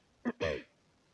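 One short throaty cough from an adult woman: a brief burst, then a longer voiced one, in a quiet room.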